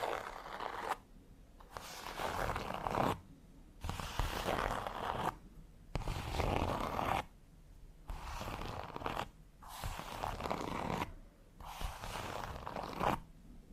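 Fingernails scratch across textured leather in a series of bursts, each lasting about one to two seconds with short silent gaps between. The scratching is dense and raspy, bright with fine crackle, and repeats steadily about every two seconds with no other sounds behind it.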